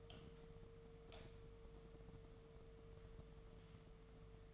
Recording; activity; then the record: daily activity, microphone in the room; light on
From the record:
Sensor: 4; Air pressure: 1015.4 hPa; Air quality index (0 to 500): 170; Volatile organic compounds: 7 ppm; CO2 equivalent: 1972 ppm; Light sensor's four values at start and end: 21/49/20/21 and 23/55/23/24